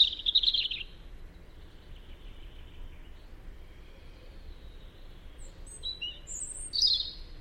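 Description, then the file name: European robin singing a short, high warbled phrase, then a long quiet pause before another high, thin phrase near the end. "Tomas Belka - Zaryanka Erithacus rubecula"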